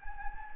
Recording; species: mosquito wingbeat signal from an infrared sensor; Anopheles gambiae